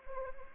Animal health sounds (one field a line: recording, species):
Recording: mosquito wingbeat signal from an infrared sensor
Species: Anopheles arabiensis